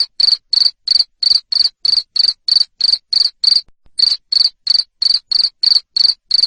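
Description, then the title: Shrill cricket chirps repeating quickly, about three each second, with a brief pause partway through; no other sounds. Loud cricket chirping to stimulate lovebirds to sing continuously. "Suara JANGKRIK NGERIK Keras Bikin LOVEBIRD Jadi NGEKEK Terus Vubey"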